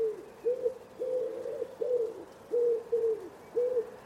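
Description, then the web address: Common Wood Pigeon, a run of soft, hooting coos. Bird-only recording from a 2025 soundscape bird dataset. "cianscape. Deverinetal"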